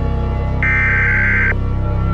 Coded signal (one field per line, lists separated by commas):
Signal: Emergency Alert System (SAME) tones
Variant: header bursts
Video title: New Year Attack | An EAS Scenario (ft.Channel 48 EAS)